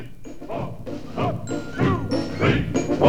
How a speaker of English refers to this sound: Then we heard Colonel Hathi's elephant patrol approaching.